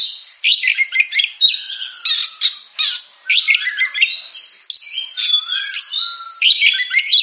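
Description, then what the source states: Oriental magpie-robin singing energetically: loud scratchy notes alternate with clear whistled slides, some long descending whistles, in dense phrases with brief pauses between. Champion songbird.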